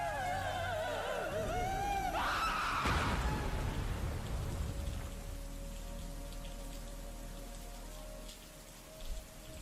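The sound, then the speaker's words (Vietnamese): Steady rain patters over a low rumbling wind at night, opening with a wailing, rising-then-falling cry before the downpour settles into a continuous hiss. “Tiếng khóc ai oán nỉ nôi, chuyển thành tiếng hét giận dữ trong màn đêm tịch mịch, lẫn trong mưa gió lại bắt đầu phủ xuống.”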